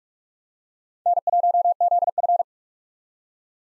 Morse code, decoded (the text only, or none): N1ZF